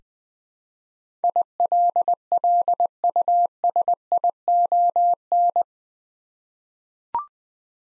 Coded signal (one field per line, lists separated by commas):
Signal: Morse code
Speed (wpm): 20 wpm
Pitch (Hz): 700 Hz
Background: none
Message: ILLUSION